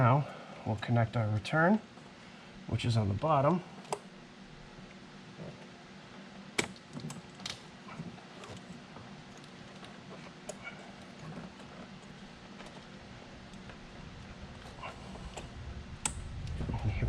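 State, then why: Seated. The return fuel line's quick-connect fitting is pushed onto the bottom port of the fuel tank pump assembly while someone talks. Sharp snaps at 6.6 s and 16.1 s mark it clicking home and seating, with a few smaller clicks in between.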